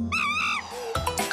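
Marmot whistle: one loud, steady tonal call lasting about half a second, then a lower fading tone and a few clicks and knocks over a constant low hum.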